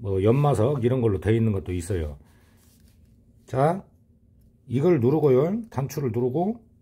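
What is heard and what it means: Someone talks while pressing the spindle-lock button on a mini rotary drill to change the bit. The lock pin is meant to drop into the spindle with a sharp snap before the collet is loosened. Only speech and quiet handling are heard, and nothing has seated or clicked yet.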